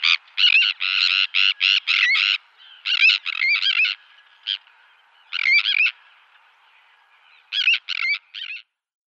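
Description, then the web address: Sandwich tern giving harsh, grating, rasping calls in quick bursts, several notes close together, then pauses of a second or more before further scratchy calls. "Schulze Peter Sandwich Tern"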